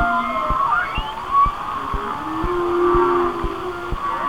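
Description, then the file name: Whale song of drawn-out, wavering moans and a few higher upsweeps, with regular clicking pulses and a constant background hum. "Whale Songs- Mike Mc Donald"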